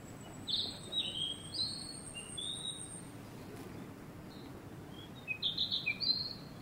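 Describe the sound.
Narcissus flycatcher singing short whistled and warbled phrases in two bursts separated by a pause, over low background noise.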